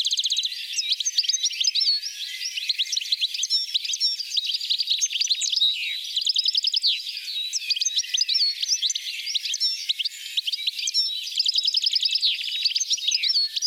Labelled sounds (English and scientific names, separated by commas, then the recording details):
European Goldfinch (Carduelis carduelis) song
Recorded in the wild
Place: Oberrotweil am Kaiserstuhl, Baden-Württemberg, DE
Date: 1985-05-26
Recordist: Schwarz, Dieter